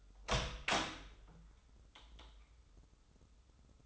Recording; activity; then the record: daily activity, microphone in the room; open door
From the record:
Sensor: 3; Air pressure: 996.1 hPa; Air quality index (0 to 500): 45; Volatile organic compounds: 1 ppm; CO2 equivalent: 896 ppm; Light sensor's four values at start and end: 14/34/14/14 and 14/34/14/15